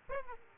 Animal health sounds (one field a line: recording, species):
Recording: mosquito wingbeat signal from an infrared sensor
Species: Aedes aegypti